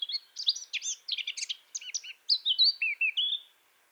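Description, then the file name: Eurasian blackcap song: a fast scratchy warble of varied notes, then louder clear fluted whistles closing the phrase, lasting about three and a half seconds. "Sylvia atricapilla"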